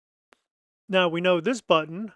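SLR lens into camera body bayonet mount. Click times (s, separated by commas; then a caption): 0.3 s. A metal SLR lens, lined up by its red dot with the dot on an Olympus OM-1 camera body's bayonet mount and twisted to the right, locks into the mount with a single short, sharp click at 0.3 s. After a brief silence, someone talks.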